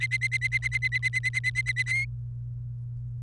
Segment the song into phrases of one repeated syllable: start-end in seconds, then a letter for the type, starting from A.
0.00-1.83 A, 1.86-2.05 B